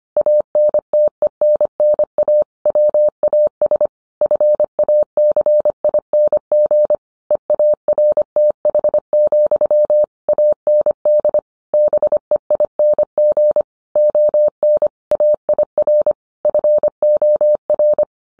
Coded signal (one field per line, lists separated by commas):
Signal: Morse code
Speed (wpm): 25 wpm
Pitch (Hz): 600 Hz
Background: none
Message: ANTENNA WAS FACING EARTH, AND BEING ON AIR FOR